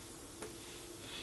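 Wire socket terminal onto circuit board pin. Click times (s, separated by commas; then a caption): 0.4 s. A hollow tube socket on the end of a white wire is pushed down over a pin on a circuit board, giving a faint, short snap at 0.4 seconds over a steady background hiss. The socket seats on the pin, connecting the wire to the circuit board.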